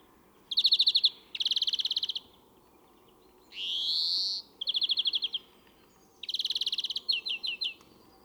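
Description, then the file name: European greenfinch song: fast buzzy trills around a rising, drawn-out nasal wheeze, with short pauses between phrases. "Chloris chloris"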